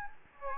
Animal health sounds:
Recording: mosquito wingbeat signal from an infrared sensor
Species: Anopheles gambiae

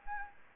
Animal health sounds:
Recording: mosquito wingbeat signal from an infrared sensor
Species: Anopheles gambiae

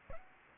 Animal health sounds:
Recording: mosquito wingbeat signal from an infrared sensor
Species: Aedes aegypti

